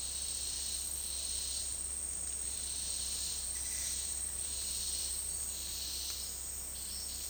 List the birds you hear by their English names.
none